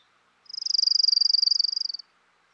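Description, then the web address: Orange-crowned warbler delivering one fast, high trill of rapidly repeated notes lasting about one and a half seconds, swelling then fading. "Dan Gibson Wildlife Identification By Sound, Western North America. Orange-Crowned Warbler"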